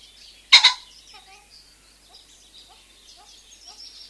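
Common pheasant crowing: one loud, harsh double 'kok-kok' burst, with quiet chirping songbirds continuing in the background.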